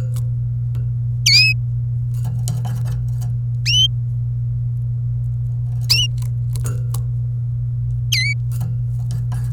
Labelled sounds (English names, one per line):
Domestic Canary song